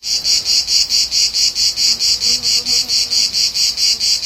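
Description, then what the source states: Insect chirping, a high trill of rapid, even pulses, steady throughout. Pest insect on the Spartacus trail at Pilisszentlászló, Hungary.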